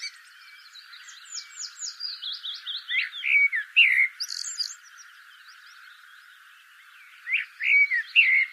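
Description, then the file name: Common blackbird song: a run of thin high twitters leads into mellow fluty notes, then a quiet gap before another warbled phrase with a squeaky ending. "Turdus merula"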